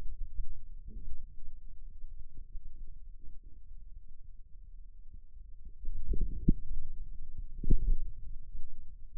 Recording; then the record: forearm muscle sounds (acoustic myography)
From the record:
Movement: outward rotation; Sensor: system 2, bracelet of six BSWA MPA416 microphones around the upper forearm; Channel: 1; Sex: male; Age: 22 years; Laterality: right